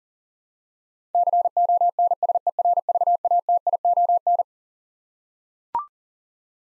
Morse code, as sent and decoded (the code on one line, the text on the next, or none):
-.-. --- -. ... . .-. ...- .- - .. --- -.
CONSERVATION